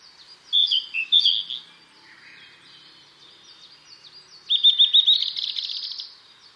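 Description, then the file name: Blue-and-white flycatcher song, clear high whistled phrases with slurred notes, a pause, then a rapid run of repeated bright notes trailing into a fainter twittering. "ooruri"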